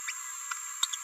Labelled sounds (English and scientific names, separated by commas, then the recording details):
Green-rumped Parrotlet (Forpus passerinus) babbling
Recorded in a nest box in Venezuela
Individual 18B17A4